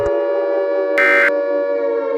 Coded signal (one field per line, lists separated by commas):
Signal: Emergency Alert System (SAME) tones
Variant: end-of-message bursts